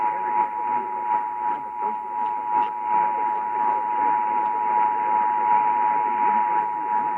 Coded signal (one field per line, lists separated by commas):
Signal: Emergency Alert System (SAME) tones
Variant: 853 and 960 Hz attention tone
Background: speech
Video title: Arkansas Required Monthly Test (EAS #943)